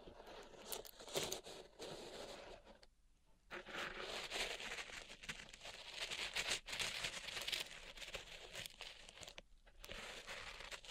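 Pink salt in a zen garden is raked and scraped, making a dense, grainy crunching and crackling that runs almost without letup. The hiss is bright and gritty, swelling and easing in strokes, with brief pauses near the third and ninth-and-a-half seconds.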